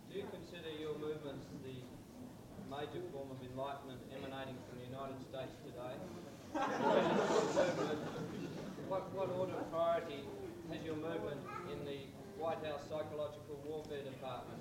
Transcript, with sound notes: Do you consider your movement the major form of enlightenment emanating from the United States today? [laughter] What order of priority had your movement in the White House psychological warfare department?